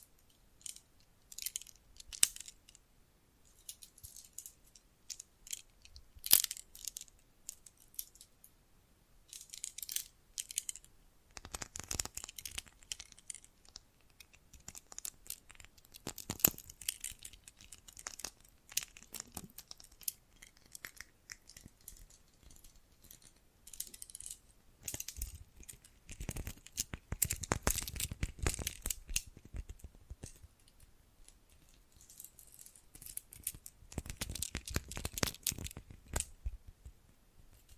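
Bracelets and jewelry boxes are handled in irregular bursts of clinking, rattling and rustling, with sharp metallic clicks standing out near 2, 6, 10 and 16 seconds. Busier stretches of jangling come around 27–29 and 34–36 seconds, separated by quieter pauses with faint handling noise.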